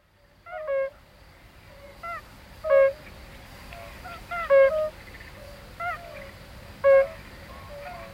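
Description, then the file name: European fire-bellied toads in chorus, several animals giving mellow, hollow, low notes at irregular intervals, some loud and others faint, against a background hiss. "Bombina bombina"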